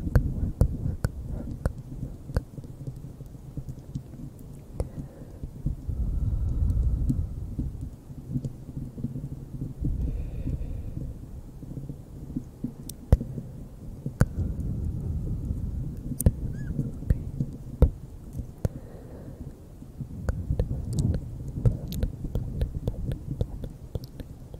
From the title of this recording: ASMR bare mic scratching